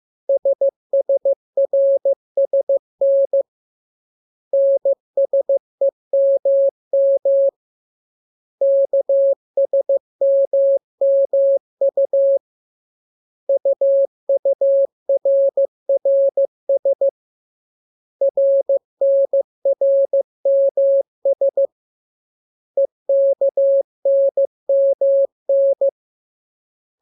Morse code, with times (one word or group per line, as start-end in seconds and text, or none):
0.3-3.4 SSRSN
4.5-7.5 NSEMM
8.6-12.4 KSMMU
13.5-17.1 UURRS
18.2-21.7 RNRMS
22.8-25.9 EKNMN